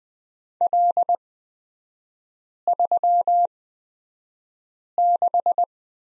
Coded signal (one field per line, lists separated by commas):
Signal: Morse code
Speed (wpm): 20 wpm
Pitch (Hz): 700 Hz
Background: none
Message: L36